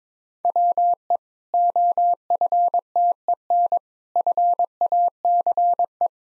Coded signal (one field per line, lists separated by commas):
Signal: Morse code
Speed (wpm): 22 wpm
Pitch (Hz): 700 Hz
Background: none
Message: WE OFTEN FACE